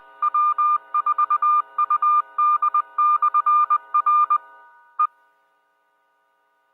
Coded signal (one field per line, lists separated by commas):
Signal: Morse code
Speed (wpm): 20 wpm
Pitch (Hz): 1200 Hz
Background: none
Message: W4UD/R E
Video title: Bristol 2 Meter Net 05-14-19